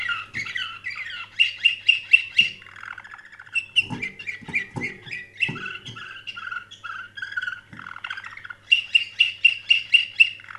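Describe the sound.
Canary song: fast, evenly spaced high trills alternate with warbled phrases and return strongly at the end, with a few soft low thumps and a steady low hum.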